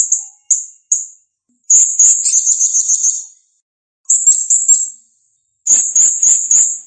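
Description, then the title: Blue-crowned hanging parrot with three quick high chips, then three bursts of shrill, extended warbling trills. Serindit singing actively (gacor) for song tutoring (masteran), described as clear. "Masteran Burung Serindit Ll Masteran Serindit Gacor Jernih"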